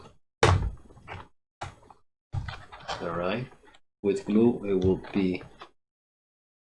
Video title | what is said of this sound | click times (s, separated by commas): SN 8 metallic version part 13 | on the back of the pillars and it will just snap in place just like that | 0.4 s